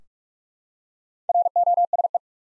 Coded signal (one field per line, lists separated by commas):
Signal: Morse code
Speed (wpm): 43 wpm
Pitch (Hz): 700 Hz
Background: none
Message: ROSE